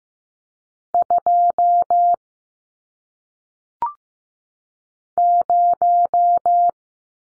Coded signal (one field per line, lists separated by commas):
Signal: Morse code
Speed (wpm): 15 wpm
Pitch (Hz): 700 Hz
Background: none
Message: 2 0